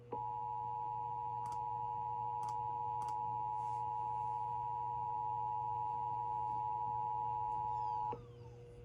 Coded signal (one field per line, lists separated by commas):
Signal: Emergency Alert System (SAME) tones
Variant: 853 and 960 Hz attention tone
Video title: EAS 1315-1316: The First Pennsylvania Required Monthly Tests of 2021